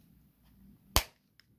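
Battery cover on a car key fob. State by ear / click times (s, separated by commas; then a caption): seated / 1.0 s. The plastic battery cover of a BMW car key fob (for models such as the F30, F10, F80, 335 and 328) is pressed back onto the fob housing after a battery replacement. It snaps shut with one sharp, loud click at 1.0 s, followed by a faint tick at 1.4 s. The cover is seated closed.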